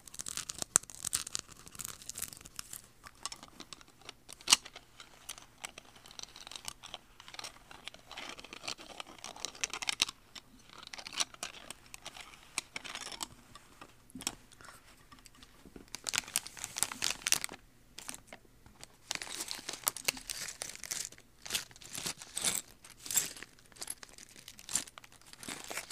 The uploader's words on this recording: No to zero mouth sounds. Lego building ASMR! - clicking , clacking.